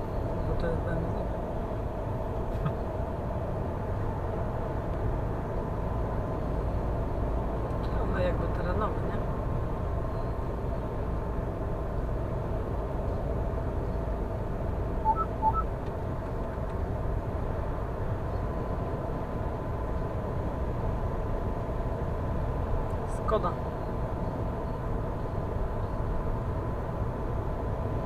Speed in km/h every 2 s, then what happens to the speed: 94, 93, 97, 100, 101, 99, 98, 97, 96, 96, 96, 96, 96, 96.
0-6 speeds up to 100. 6-28 steady at about 96.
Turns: none.